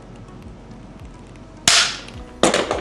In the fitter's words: Hear that snap,